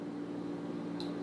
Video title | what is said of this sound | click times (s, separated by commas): LTF Is it plant or animal? | you hear it click into place, | 1.0 s